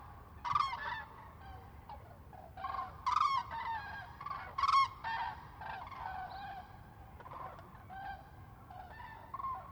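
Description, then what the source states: Common cranes calling in flight, loud rolling trumpeting bugles in bursts, several birds overlapping, with fainter calls between the louder notes. Several birds, close fly-by, Lac du Der, France, 10 January 2021.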